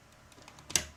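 The front doors of a glass reptile terrarium are closed and the door lock is engaged. A few small, soft clicks lead up to one sharp, loud click at 0.8 s that rings out briefly. The lock is engaged and the doors are secured.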